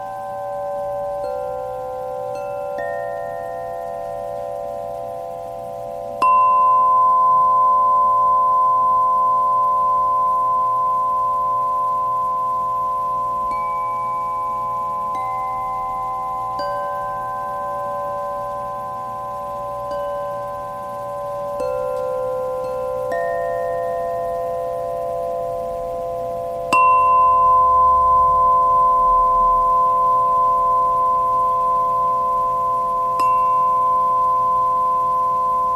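Singing bowl and chime tones ring and overlap in long, slowly fading layers, with several pitches held together. Sharp metallic strikes land around 6 and 27 seconds, each renewing a bright ringing tone, while a soft low hum sits underneath throughout.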